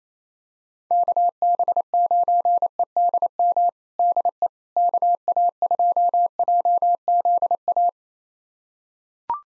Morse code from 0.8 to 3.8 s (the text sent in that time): KB9EDM